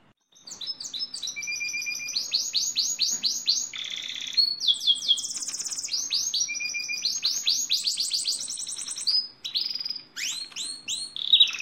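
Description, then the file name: Lizard canary song, loud and continuous: fast rolling trills, a buzzy high rattle and swooping whistled phrases follow one another with barely a break. "canto do canario lizard"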